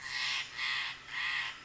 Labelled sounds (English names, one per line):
Steller's Jay